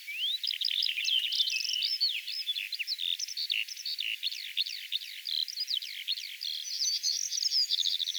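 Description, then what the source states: Redwing song as a dense, unbroken twitter of rapid, squeaky, sharply sweeping high notes, fast and jumbled throughout, ending with a run of short, even, high chips. Singing in a particular manner, recorded 1 June 2025.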